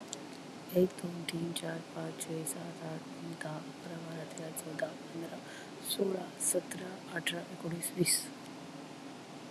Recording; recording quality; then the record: counting at a fast pace; excellent, no background noise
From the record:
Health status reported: COVID-19 positive, mild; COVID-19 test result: positive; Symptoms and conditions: cough, cold, fever, muscle pain, hypertension, diabetes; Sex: female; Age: 49 years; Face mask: not worn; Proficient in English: yes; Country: India